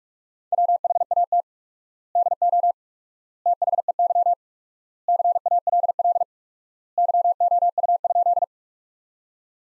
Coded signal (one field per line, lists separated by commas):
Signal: Morse code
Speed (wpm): 46 wpm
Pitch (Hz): 700 Hz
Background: none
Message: WHAT DO THEY CALL YOU?